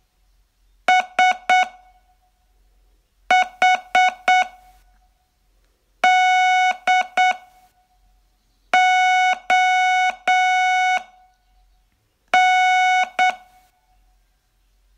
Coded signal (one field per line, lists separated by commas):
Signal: Morse code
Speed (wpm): 9 wpm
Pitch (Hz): 740 Hz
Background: none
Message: SHDON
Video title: Learn Morse in 42 Days from VU2LAU - day16